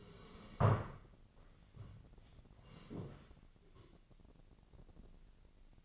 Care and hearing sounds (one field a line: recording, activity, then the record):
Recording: daily activity, microphone in the room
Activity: sit down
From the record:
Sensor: 4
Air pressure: 1013.1 hPa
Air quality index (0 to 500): 168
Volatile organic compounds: 2 ppm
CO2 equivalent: 1064 ppm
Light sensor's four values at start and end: 53/131/55/59 and 53/131/55/59